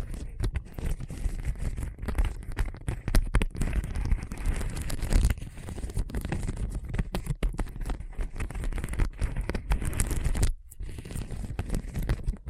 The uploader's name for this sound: Hard and Bumpy Surface Scratching